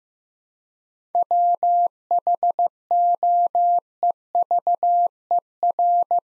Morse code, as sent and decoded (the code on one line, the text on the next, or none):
.-- .... --- . ...- . .-.
WHOEVER